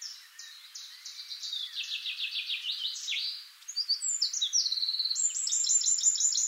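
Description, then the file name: Eurasian wren song with a rapid series of high, ringing notes forming fast trills, a brief dip, then another energetic rattling trill sustained to the end. "Troglodytes troglodytes"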